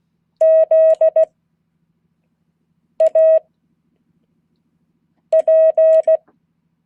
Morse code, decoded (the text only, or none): ZAP